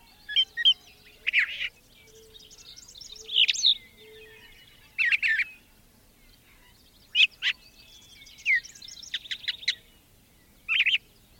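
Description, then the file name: Brown thrasher song with clustered harsh and whistled phrases, many repeated twice, broken by pauses of a second or more; faint background hiss. "suara kicauan brown thraser. omkicau"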